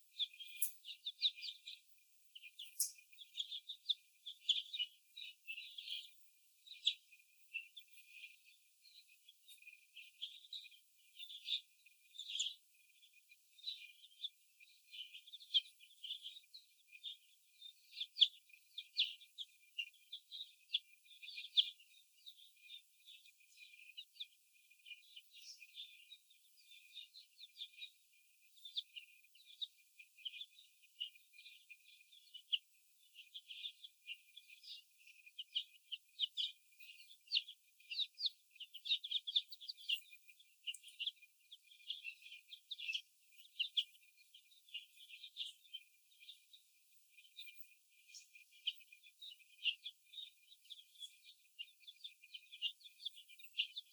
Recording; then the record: young laying hens in a cage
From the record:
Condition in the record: before the stressor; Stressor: sudden umbrella opening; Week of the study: 2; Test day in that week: 1